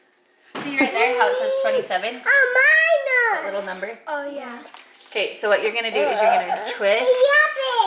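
Someone talks while the thumbwheel on a plastic disposable film camera is being handled, about to be twisted to advance the film. Voices fill the clip, starting abruptly at 0.6 s. The wheel has not yet reached its stop, and nothing has clicked or locked yet.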